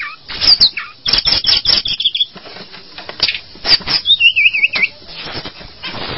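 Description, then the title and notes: Bird song: chattering rattles and quick slurred notes, then a wobbling, trilled whistle before more scratchy chatter. "Bird Sound. Kicau Burung Lengkap"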